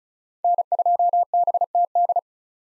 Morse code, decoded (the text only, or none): N2BTD